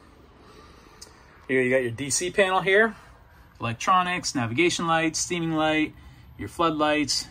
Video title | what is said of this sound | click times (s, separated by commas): Brand New 2025 Beneteau Oceanis 34.1 Available Now! | And we'll fold this up out of the way for you too. It just locks into place just like that. | 1.0 s